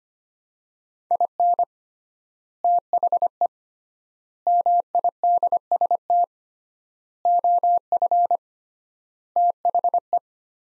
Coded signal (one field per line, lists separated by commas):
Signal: Morse code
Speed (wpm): 25 wpm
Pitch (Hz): 700 Hz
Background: none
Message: IN THE MIDST OF THE